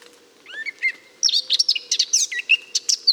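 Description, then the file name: Eurasian blackcap song, quiet scratchy twitters first, then a burst of loud, jumbled warbling and clear whistled phrases. "Sylvia atricapilla"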